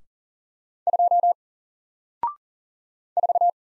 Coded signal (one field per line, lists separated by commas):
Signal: Morse code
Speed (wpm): 40 wpm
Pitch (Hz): 700 Hz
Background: none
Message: 2 4